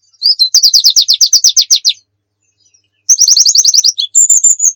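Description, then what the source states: White-eye song: two fast trills of rapidly repeated high notes separated by a pause, closing with a thin sustained whistle. Pleci of the Muria type, recorded as a masteran, a tutor recording of song for cage birds.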